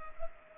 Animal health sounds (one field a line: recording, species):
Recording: mosquito wingbeat signal from an infrared sensor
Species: Culex pipiens